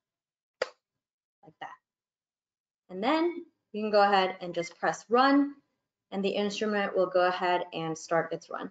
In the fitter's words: and I like to push it down with a little bit of satisfaction you'll hear a click like that